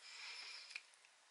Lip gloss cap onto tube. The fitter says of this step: so they close up nice and tight sort of Click into place